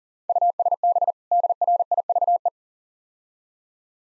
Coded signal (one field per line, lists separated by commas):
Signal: Morse code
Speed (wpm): 43 wpm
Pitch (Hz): 700 Hz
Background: none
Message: USB DRIVE